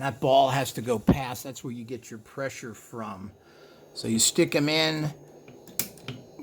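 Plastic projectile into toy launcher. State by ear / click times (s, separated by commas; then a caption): seated / 5.8 s. Someone talks while plastic projectiles are pushed into a toy launcher from the Playmobil Dino Rise set 70624. A projectile snaps past a small ball detent with a sharp click at 5.8 s and seats; it takes a little pressure to get it in.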